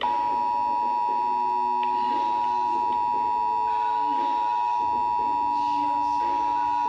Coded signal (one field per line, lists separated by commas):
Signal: Emergency Alert System (SAME) tones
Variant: 853 and 960 Hz attention tone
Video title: EAS #43 Severe Thunderstorm Watch